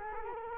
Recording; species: mosquito wingbeat signal from an infrared sensor; Culex quinquefasciatus